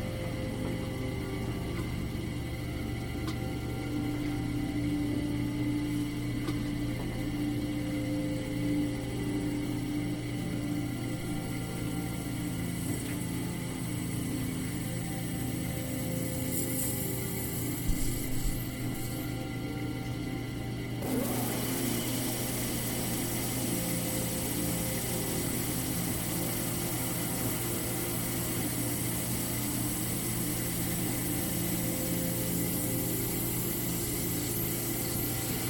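A hyperspace sleep chamber hums with a steady, layered machine drone, low and constant, with fixed tones running through it. Around 21 seconds a bright hiss swells in and stays, thickening the texture, while faint clicks surface briefly near 18 seconds.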